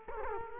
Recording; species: mosquito wingbeat signal from an infrared sensor; Culex quinquefasciatus